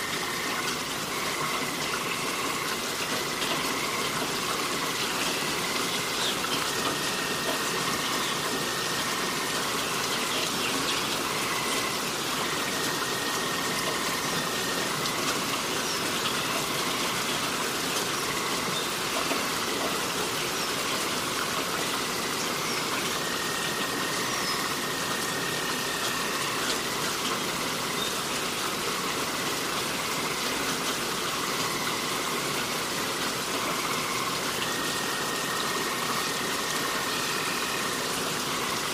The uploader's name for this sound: Rain Sounds & Forest Ambience